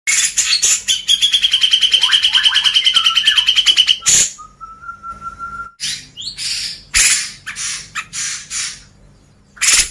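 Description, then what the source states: Grey-cheeked bulbul song: a rapid, steady trill of repeated notes for about four seconds, then one long whistled note, followed by separated harsh, noisy bursts. Masteran: training recording for cage birds.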